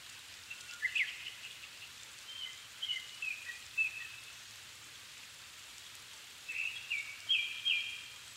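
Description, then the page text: Japanese thrush singing short clear whistled phrases with quick twittering notes, in several bursts separated by pauses, over steady hiss. Recorded 7 May 2011 at 17:59 in the evening; Nikko, Japan; altitude 270 m; Sony PCM-D50 recorder with Panasonic WM-61A microphone. "Turdus cardis [Sounds -Nikko Today-]"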